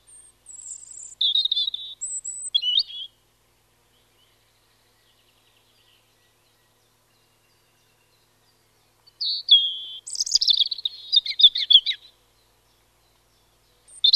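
European robin song: short phrases of high, thin whistles and fluttering notes in two bursts, with a long silent pause between them, and a third burst just starting at the end.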